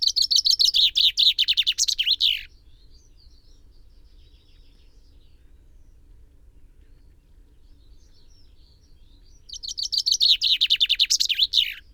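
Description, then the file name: Common chaffinch song: two bright strophes, each a rapid run of repeated notes falling in pitch and ending in a quick flourish, with a quiet pause between them. "Fringilla coelebs"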